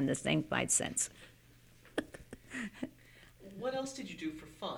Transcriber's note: she laughs